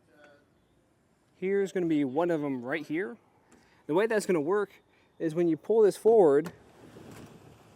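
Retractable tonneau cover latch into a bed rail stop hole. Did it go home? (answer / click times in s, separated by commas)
no / none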